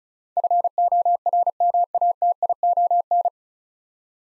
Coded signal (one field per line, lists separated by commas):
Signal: Morse code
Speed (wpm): 36 wpm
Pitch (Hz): 700 Hz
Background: none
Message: FORMATION